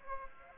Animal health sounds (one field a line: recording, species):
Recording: mosquito wingbeat signal from an infrared sensor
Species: Aedes aegypti